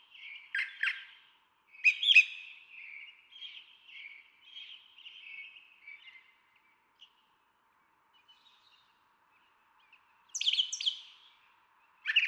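Brown Thrasher song: two loud, harsh phrases, then a run of softer, quick notes, a long pause, and another burst of emphatic phrases.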